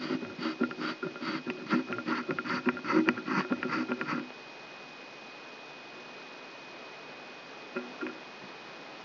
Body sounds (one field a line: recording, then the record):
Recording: brain microelectrode recording played as sound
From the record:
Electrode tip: outside the subthalamic nucleus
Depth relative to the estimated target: 4 mm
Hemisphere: left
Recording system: AlphaMap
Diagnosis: Parkinson's disease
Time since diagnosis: 10 years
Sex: female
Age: 63 years